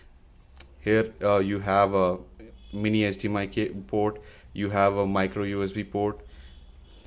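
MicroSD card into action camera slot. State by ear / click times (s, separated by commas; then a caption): seated / 0.6 s. A microSD card is pushed into the card slot of an AKASO V50X action camera until it latches, giving a sharp click at 0.6 s with a second transient at 0.6 s. The card seats in the slot. Someone then talks for the rest of the clip.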